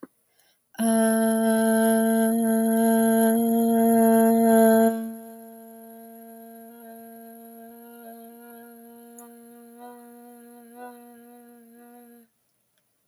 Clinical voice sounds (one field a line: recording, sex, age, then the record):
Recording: vowel held as long as possible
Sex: female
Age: 30 to 39 years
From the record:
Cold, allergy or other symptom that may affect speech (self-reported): no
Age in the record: 36 years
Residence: Virginia, United States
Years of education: 16